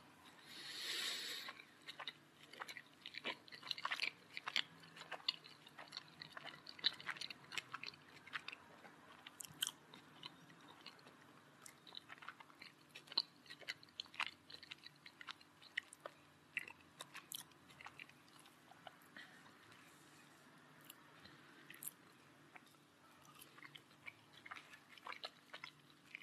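A person eating, with frequent short clicks and crunchy bites scattered irregularly across the whole stretch, some sharper than others. A brief louder rustle comes at the very start, and a low steady hum runs underneath throughout.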